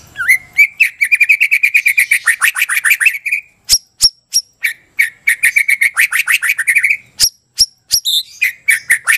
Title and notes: Masteran Murai Batu